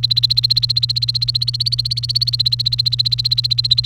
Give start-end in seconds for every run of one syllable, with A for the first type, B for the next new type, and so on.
0.00-3.86 A